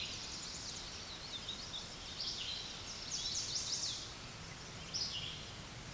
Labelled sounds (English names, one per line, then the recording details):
Chestnut-sided Warbler song
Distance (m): 35 m
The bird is about 10 m above the microphone
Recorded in a Pennsylvania forest on 16 May 2024 at 06:52
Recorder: AudioMoth, point MSD-1368
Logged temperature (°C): 12.5 °C
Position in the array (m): 10 m, 20 m